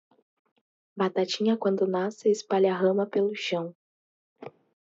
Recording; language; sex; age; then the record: short text; Brazilian Portuguese; female; 18 to 19 years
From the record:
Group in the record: control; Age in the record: 19 years